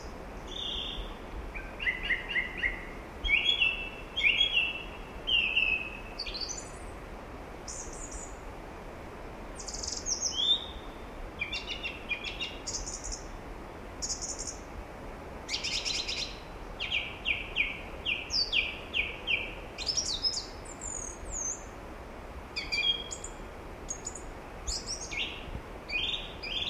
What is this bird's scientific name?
Turdus philomelos